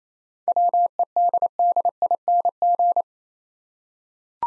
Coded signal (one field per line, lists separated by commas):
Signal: Morse code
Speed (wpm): 27 wpm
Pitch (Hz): 700 Hz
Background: none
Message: WEDDING